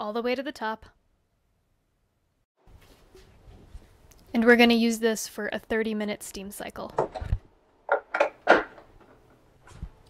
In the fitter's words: I put the tank in all the way until it clicks close